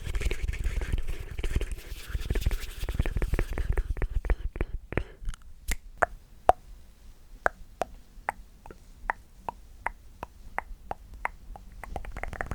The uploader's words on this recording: ASMR The MOST Extreme MOUTH Sounds For TINGLE Immunity & Sleep.